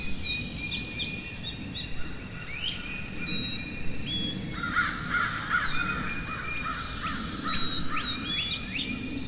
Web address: Wav Junction Sound Effects - Ambience Forest Crows Birds Chirping